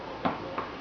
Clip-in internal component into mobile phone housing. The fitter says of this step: just press it down you'll hear it snap in